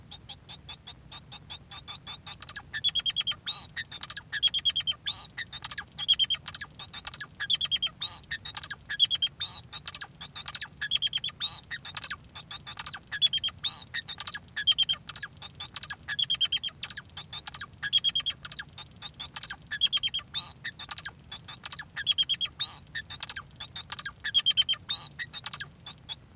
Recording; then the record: song of a male Bengalese finch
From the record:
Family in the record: son of father 2